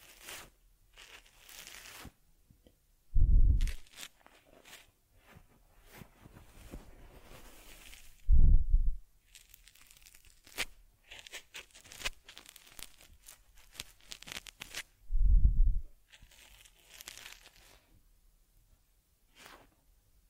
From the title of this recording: Taking Care of Teddy Head Massage, Facial Cleansing, Fur Combing and Ear Cleaning